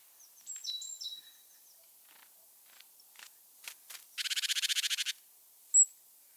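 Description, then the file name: Great tit rasping call: one harsh pulsed buzz near the end, preceded by faint high chirps and clicks, then a single thin high note. "Parus major"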